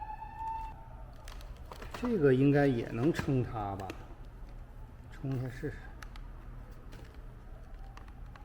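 Someone talks while trying to push a charger plug of the wrong type into the charging port of a Dyson cordless stick vacuum, with faint short taps and scrapes around 1.3–1.8 s and again near 6.0, 6.2, 8.0 and 8.4 s. The plug does not go in, and nothing seats or clicks.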